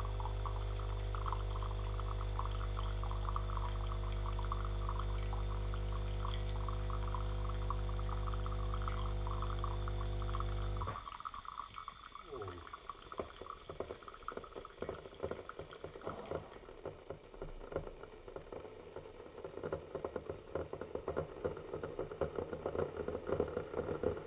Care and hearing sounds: daily activity, microphone in the room; make coffee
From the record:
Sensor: 4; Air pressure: 995.9 hPa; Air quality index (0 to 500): 61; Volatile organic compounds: 2 ppm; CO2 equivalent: 1083 ppm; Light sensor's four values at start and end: 9/20/8/8 and 9/21/8/8

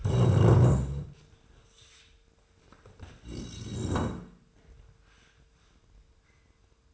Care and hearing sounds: daily activity, microphone in the room; stand up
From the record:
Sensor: 2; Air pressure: 1005.0 hPa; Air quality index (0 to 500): 99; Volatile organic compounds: 2 ppm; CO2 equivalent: 1199 ppm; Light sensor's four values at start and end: 8/18/7/7 and 6/15/6/7

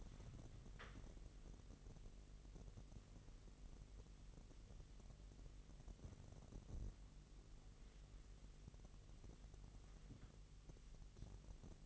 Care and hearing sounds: daily activity, microphone in the room; wipe stove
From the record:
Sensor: 4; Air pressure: 1001.7 hPa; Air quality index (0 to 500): 249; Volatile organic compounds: 41 ppm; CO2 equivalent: 3165 ppm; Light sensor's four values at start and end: 8/18/7/6 and 8/18/7/6

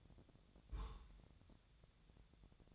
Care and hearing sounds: daily activity, microphone in the room; place on stove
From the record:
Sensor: 3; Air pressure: 999.3 hPa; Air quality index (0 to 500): 195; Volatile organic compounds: 42 ppm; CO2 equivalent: 3184 ppm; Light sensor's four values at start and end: 7/18/7/7 and 7/18/7/7

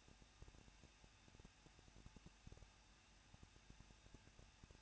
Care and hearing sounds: daily activity, microphone in the room; no activity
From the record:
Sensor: 2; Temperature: 21.0 degrees Celsius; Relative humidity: 37.3%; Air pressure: 1006.2 hPa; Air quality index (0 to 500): 222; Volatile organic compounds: 24 ppm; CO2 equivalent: 2806 ppm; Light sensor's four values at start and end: 2/3/2/2 and 2/3/2/2

